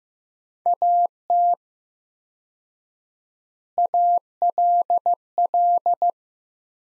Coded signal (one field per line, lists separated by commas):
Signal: Morse code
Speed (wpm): 15 wpm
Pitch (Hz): 700 Hz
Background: none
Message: AT ALL